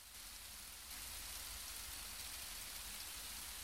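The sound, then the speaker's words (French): Heavy, torrential rain driven by the tramontane wind pours down in a steady, dense hiss of countless drops, growing slightly louder just under a second in and holding that level throughout, with no voices. “La pluie tombait par torrents et la tramontane vous la jetait à plein seau dans la figure.”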